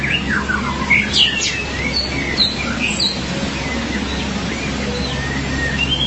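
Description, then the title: Magpie-robin or shama song: varied whistled notes and quick rising and falling slurs in a continuous, jumbled phrase over a steady low hum. "BM Suara Burung Murai"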